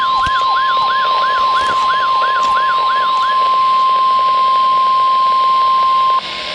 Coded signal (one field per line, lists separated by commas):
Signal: Emergency Alert System (SAME) tones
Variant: 1050 Hz attention tone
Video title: 2 Same Special Marine Warnings for Delaware Bay, 1 Atlantic Coastal Water Location {EAS #693,694}